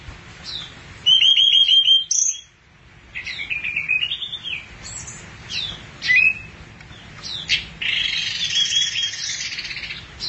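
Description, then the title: Thrush song: fast, varied phrases of trills, buzzy twitters and sharp high notes, ending with a harsh, rasping burst over steady faint hiss. "burung anis x"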